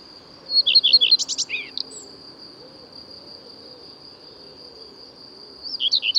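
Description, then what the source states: Common redstart song: a fast phrase of sweet repeated notes ending in a sharp, falling flourish, followed by another phrase starting near the end, with a steady high tone throughout. Returns in April; sings from a conspicuous, fairly high perch on a tree or roof; breeds in forest.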